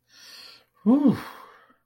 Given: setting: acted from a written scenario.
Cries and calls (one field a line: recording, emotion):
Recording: vocal sound without words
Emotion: relief